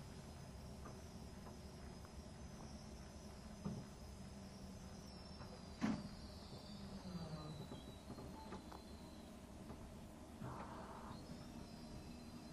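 A train runs along the route with a steady low rumble and roar filling the whole stretch. Sharp clacks and knocks punctuate it, loudest near four and six seconds, while a thin high whine drifts through the middle and a brief squeal appears near ten seconds.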